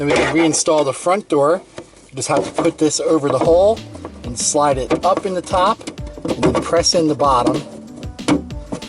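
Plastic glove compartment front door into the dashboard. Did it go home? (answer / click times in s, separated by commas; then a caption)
yes / 8.3 s. A plastic glove compartment front door is reinstalled into the dashboard of a 2006 Chevy Uplander minivan after a cabin air filter change: it is hooked over the hole, slid up at the top, then pressed in at the bottom. Someone talks over background music, and a sharp click at 8.3 s marks the door seating into the dash, followed by a few small plastic knocks.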